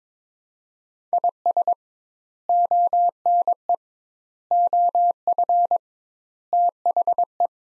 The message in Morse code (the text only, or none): IS ONE OF THE